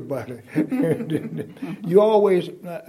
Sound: laughter

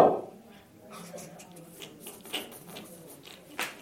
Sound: laughter

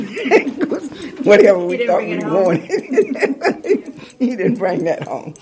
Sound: laughter

